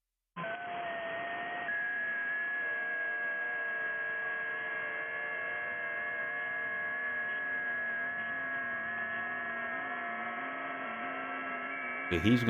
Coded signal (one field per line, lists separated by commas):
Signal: FT8